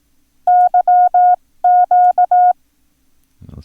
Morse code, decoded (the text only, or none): YQ